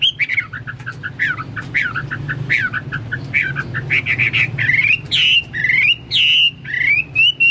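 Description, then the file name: Chinese hwamei song: a steady run of loud whistled notes, many slurred or rising, growing fuller and more spaced toward the end, over a low hum. "omkicau hwamei"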